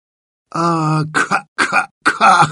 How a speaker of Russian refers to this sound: Я захлебнулся кашлем, с трудом подавил приступ и судорожно выдохнул. Вот ведь дьявол. Но надо же было так не вовремя заболеть.